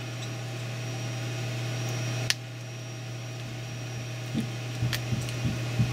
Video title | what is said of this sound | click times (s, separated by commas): Addressable LED Wiring Techniques | and then it just snaps right in like that and it | 2.3 s